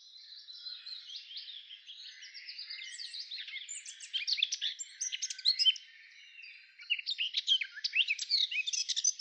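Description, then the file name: Eurasian blackcap warble, soft and scratchy at first, then louder bursts of rapid twittering notes, a brief lull, and another energetic stretch of song. "Sylvia atricapilla"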